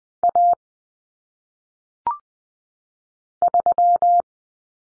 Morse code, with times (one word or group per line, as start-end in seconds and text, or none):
0.2-0.5 A
3.4-4.2 3